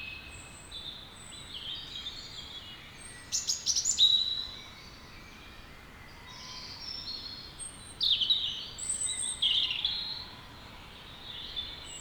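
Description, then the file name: European robin song: two bursts of high, thin, tinkling phrases, the first near four seconds, the second from about eight to ten seconds, with quiet pauses and steady background hiss. "Erithacus rubecula"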